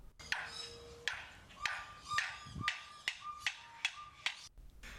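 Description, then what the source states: Lyrebird mimicry: sharp clicks and mechanical snaps with steady tonal whistles and squeaks, imitating human-made noises. Captive lyrebird named Chook at Adelaide Zoo, imitating a camera shutter, car alarm, hammers and nails; learned during construction work at the zoo.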